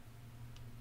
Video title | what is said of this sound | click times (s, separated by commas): Sub-$60.00 Meshtastic Nodes! ZeroFox3D Bender & Nibler! | push it until it clicks | 0.6 s